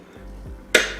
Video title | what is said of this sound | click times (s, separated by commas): Synergy Aviator 2.0 Electric Scooter Dual Motor Full Review | then you wanna push it forward until you hear the click | 0.8 s